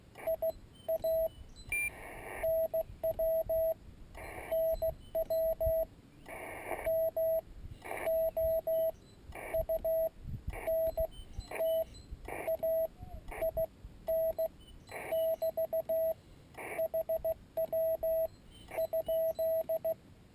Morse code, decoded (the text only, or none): IA NW NW MOUNTAIN <BT> HW ?